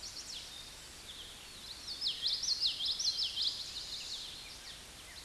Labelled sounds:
Common Yellowthroat song
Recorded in a Pennsylvania forest on 16 May 2024 at 09:56
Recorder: AudioMoth, point MSD-1418
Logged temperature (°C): 16.4 °C
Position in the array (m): 230 m, 181 m

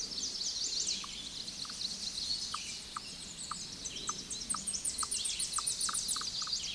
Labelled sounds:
Tennessee Warbler song
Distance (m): 35 m
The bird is about 10 m above the microphone
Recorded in a Pennsylvania forest on 16 May 2024 at 09:32
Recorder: AudioMoth, point MSD-1401
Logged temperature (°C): 16.4 °C
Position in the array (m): 73 m, 200 m

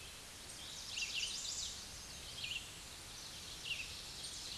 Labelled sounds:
Chestnut-sided Warbler song
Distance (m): 40 m
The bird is about 10 m above the microphone
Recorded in a Pennsylvania forest on 16 May 2024 at 09:03
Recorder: AudioMoth, point MSD-2376
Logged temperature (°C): 16.7 °C
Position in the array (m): 110 m, -2 m

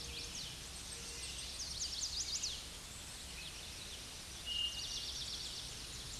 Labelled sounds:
Eastern Towhee song
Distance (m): 45 m
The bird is about 5 m above the microphone
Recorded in a Pennsylvania forest on 16 May 2024 at 07:41
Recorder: AudioMoth, point MSD-1482
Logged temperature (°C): 15.6 °C
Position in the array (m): 181 m, 181 m

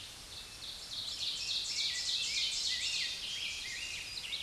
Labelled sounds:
Ovenbird song
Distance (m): 40 m
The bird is about 15 m above the microphone
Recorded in a Pennsylvania forest on 16 May 2024 at 06:56
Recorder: AudioMoth, point MSD-2146
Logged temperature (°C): 16.7 °C
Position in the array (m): 137 m, 9 m

